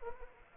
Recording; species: mosquito wingbeat signal from an infrared sensor; Anopheles arabiensis